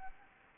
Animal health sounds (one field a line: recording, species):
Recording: mosquito wingbeat signal from an infrared sensor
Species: Anopheles gambiae